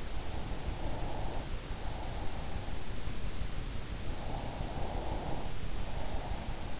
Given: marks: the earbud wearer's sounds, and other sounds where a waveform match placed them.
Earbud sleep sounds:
sounds in sleep by an in-ear microphone; breath
0.44-3.14 s: breath
3.89-6.79 s: breath

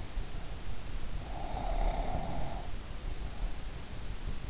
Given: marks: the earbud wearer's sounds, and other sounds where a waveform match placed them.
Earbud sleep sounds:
sounds in sleep by an in-ear microphone; snoring breath
1.42-3.73 s: snoring breath

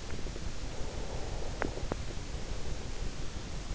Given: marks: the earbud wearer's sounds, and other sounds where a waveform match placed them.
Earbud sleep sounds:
sounds in sleep by an in-ear microphone; breath
0.72-3.22 s: breath

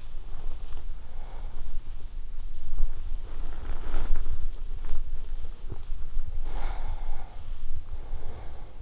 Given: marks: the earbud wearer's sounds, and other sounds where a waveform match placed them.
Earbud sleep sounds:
sounds in sleep by an in-ear microphone; breath, body movement
0.07-1.92 s: breath
2.34-7.71 s: body movement
3.03-4.59 s: breath
6.39-8.82 s: breath

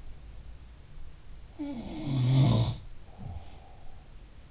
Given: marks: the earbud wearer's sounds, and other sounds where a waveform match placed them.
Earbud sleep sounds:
sounds in sleep by an in-ear microphone; breath
1.56-4.20 s: sound from someone else or the room
3.02-4.20 s: breath

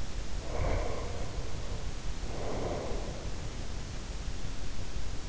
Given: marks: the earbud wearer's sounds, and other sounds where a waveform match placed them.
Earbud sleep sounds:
sounds in sleep by an in-ear microphone; breath
0.39-3.12 s: breath

